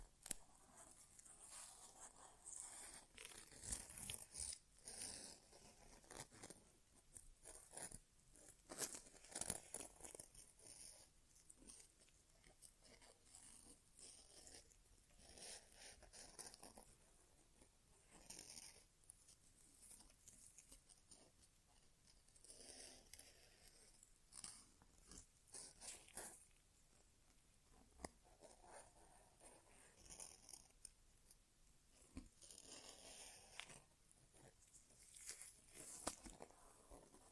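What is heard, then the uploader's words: An ASMR inner ear exam made of crisp, rustling and scratching sounds in dense, uneven bursts that keep going for the whole clip. Bright crackles and rubs come every second or so, with short quiet gaps and a soft, steady hiss beneath. ASMR Inner Ear Exam (No Talking).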